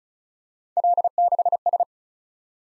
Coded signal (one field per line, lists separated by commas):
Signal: Morse code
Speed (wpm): 36 wpm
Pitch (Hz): 700 Hz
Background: none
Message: L6S